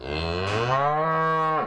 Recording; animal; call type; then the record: contact call of a hoofed animal; cattle; low-frequency (closed-mouth) or high-frequency (open-mouth) call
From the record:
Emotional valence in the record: negative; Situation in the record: full separation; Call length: 1.67 s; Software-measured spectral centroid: 1540 Hz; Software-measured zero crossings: 2040 a second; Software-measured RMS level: -24 dBFS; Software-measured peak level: -11 dBFS